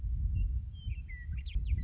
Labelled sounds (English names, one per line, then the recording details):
Western Meadowlark
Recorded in Sonoma County, California